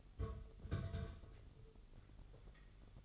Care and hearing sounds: daily activity, microphone in the room; place on stove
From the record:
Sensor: 4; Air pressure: 989.1 hPa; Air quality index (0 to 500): 209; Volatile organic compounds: 57 ppm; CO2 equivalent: 3379 ppm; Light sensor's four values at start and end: 29/98/36/38 and 29/97/36/38

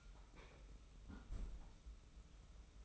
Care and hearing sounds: daily activity, microphone in the room; close fridge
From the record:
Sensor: 1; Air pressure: 991.0 hPa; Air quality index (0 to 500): 112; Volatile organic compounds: 117 ppm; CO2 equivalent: 3861 ppm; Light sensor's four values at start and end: 20/48/20/22 and 20/48/20/22

